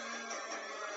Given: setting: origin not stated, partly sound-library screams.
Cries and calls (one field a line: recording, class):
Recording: one-second piece from a danger detection set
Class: woman in danger